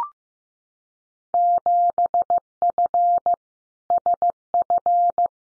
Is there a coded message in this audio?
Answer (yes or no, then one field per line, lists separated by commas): yes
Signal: Morse code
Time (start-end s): 1.3-5.3 s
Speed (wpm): 15 wpm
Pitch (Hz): 700 Hz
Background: none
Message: 7F SF